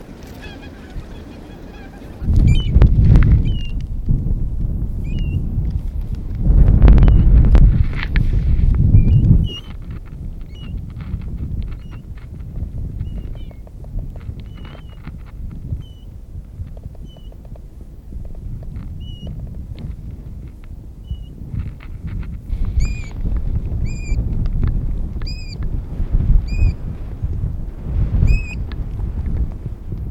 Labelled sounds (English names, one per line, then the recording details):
European Golden Plover call
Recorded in the wild
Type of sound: call
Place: bei Poggenhof, Rügen, Mecklenburg-Vorpommern, DE
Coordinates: 54.53, 13.18
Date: 1968-10-23
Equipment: NAGRA III BH, Sennheiser MD 421
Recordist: Schubert, Michael
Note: Goldregenpfeifer in der Dunkelheit vom Felde aufgescheucht